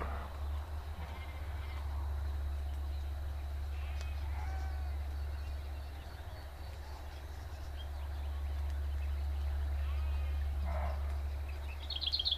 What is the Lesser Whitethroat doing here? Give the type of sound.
song